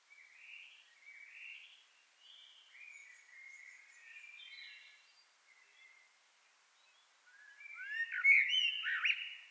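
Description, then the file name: Common blackbird song: soft, mellow phrases repeating for several seconds, then a louder warble ending in high, thin squeaks. "Turdus merula"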